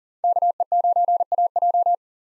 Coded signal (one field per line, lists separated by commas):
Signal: Morse code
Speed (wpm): 40 wpm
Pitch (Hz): 700 Hz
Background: none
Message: KE9AJ